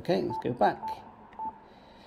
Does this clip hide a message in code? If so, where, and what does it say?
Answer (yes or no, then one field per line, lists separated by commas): no